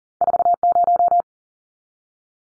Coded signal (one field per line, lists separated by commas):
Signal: Morse code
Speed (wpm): 40 wpm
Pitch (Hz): 700 Hz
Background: none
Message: 40